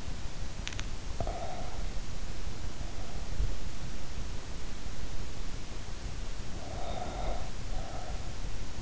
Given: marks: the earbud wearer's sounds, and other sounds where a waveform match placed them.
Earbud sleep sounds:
sounds in sleep by an in-ear microphone; breath
0.79-2.49 s: breath
6.35-8.82 s: breath

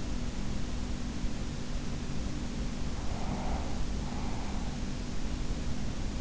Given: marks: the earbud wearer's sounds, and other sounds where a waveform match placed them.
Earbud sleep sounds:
sounds in sleep by an in-ear microphone; breath
2.61-4.88 s: breath

